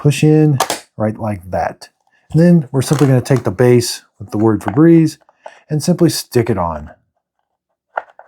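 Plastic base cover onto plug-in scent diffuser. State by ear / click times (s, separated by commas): seated / 8.0 s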